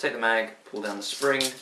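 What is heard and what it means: Someone talks while handling the magazine of an HFC HG-118EL spring airsoft pistol, about to pull the follower spring down so it locks in place for loading. Only the voice is heard. Nothing has locked or clicked yet.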